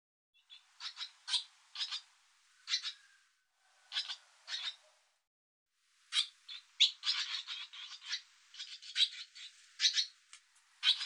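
Barn swallow twittering: bursts of short scratchy, buzzy notes, a sparse run in the first five seconds, then a denser, faster chatter after a brief silence.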